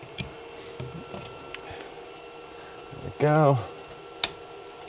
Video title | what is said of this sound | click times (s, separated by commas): 3D Printed Motherboard Stack for Mining! Save Space! | Pops right in. | 4.2 s